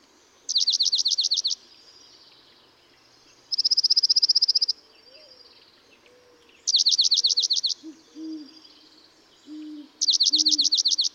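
Dark-eyed junco singing four trills, three of sweeping notes and one level and even, with a few low hooting notes near the end.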